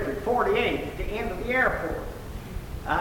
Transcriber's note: none